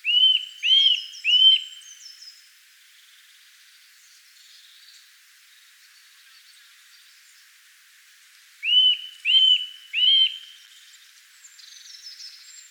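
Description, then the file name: Eurasian nuthatch calls: loud, clear whistled notes in two groups of three, separated by a long quiet gap. "Sitta europaea"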